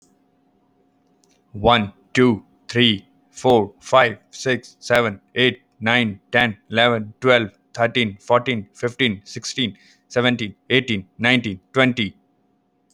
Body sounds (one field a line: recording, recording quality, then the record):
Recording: counting at a fast pace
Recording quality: excellent, no background noise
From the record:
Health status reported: healthy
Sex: male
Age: 33 years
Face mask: not worn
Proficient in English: yes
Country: India